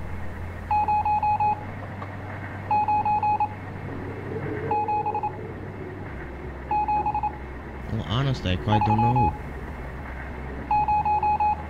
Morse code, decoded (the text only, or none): 097730